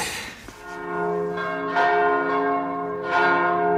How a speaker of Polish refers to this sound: Wieczorem biły dzwony także w polskich katedrach.